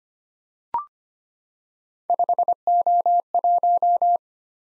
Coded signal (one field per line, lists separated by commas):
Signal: Morse code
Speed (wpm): 25 wpm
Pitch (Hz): 700 Hz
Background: none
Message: 5O1